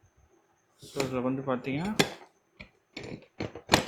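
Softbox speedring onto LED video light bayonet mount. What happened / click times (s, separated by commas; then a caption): Handled, not clearly home: plastic mount knocks while fitted into ring / none. A softbox speedring is handled onto the bayonet mount of a Kodak V225 LED video light, which locks automatically just by rotating, with no button to press. Someone talks, then a few light clacks and taps of handling follow near the end. Nothing has seated or locked yet.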